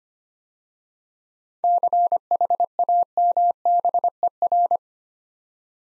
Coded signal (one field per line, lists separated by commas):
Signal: Morse code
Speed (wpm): 25 wpm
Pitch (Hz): 700 Hz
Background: none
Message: CHAMBER